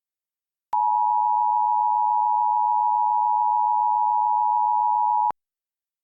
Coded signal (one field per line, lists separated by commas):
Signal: Emergency Alert System (SAME) tones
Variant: 853 and 960 Hz attention tone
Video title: (WARNING: VALID TONES) EAS Mock: High Wind Warning; Muskingum County, OH